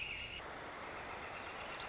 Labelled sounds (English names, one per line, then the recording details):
Northern Flicker
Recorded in Sonoma County, California